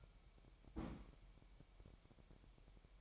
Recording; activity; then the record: daily activity, microphone in the room; place on stove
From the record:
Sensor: 1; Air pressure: 1012.1 hPa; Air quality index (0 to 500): 221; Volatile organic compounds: 5 ppm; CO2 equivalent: 1765 ppm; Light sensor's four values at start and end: 66/158/66/68 and 66/158/66/68